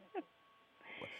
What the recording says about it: I have a Pomeranian. She's about 8 years old. She's developed this kind of cough. Kind of like a barking seal. It's not something that's constant. or a honk, like a goose.